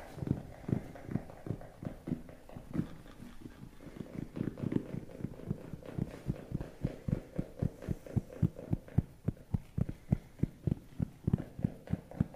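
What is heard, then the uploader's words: Steady tapping with hollow, knocking strikes repeating about two to three times a second for the whole stretch. The hits land a little unevenly at first, then settle into a firm, regular beat that grows sharper and more distinct toward the end, over a faint hiss. Tapping Overload.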